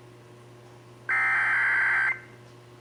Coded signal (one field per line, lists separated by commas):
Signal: Emergency Alert System (SAME) tones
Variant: header bursts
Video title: (EAS #563) Severe Thunderstorm Warning WBAP-AM)